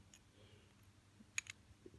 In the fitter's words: Once you done that, just give it a push satisfying click and that's done.